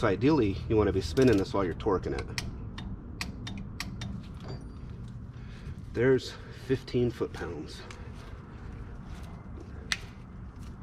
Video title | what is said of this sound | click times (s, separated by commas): 7.3 Powerstorke Swap Series Episode 14: Rear Brakes, and Hub Seals | And the reason I was spinning it that much, I wanted to hear it click, which I did. So now I know that that ratchet lock is in place. | 9.9 s